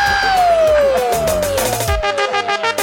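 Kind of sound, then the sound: crowd, crowd shouting and cheering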